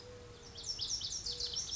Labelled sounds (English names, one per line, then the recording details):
Lazuli Bunting
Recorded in Sonoma County, California